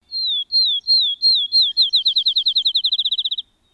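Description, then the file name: Field Sparrow song: clear, down-slurred whistles that start slow and speed up into a quick, even trill. "2012-05-16 Field Sparrow"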